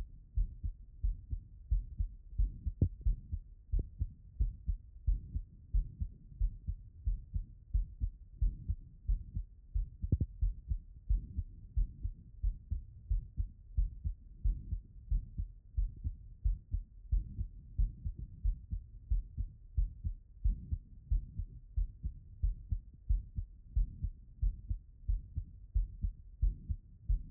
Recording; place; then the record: heart sounds by stethoscope; pulmonary valve (PV)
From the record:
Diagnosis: non-HFrEF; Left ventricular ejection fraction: 71%